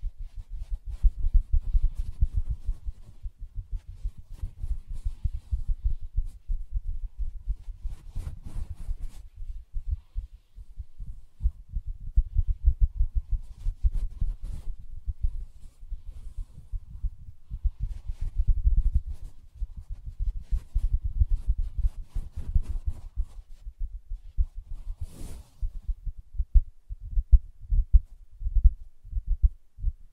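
Fingers tap and scratch softly on a fabric surface, making a dense, irregular run of dull, low thumps throughout. Brief brighter scratchy bursts rise above the taps now and then, notably around 8–9 seconds and a sharp one near 25 seconds.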